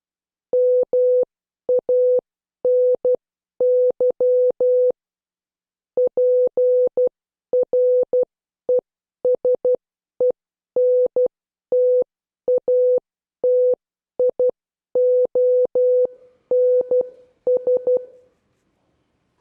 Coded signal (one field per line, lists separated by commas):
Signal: Morse code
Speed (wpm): 12 wpm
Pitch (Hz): 500 Hz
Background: none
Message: MANY PRESENTATIONS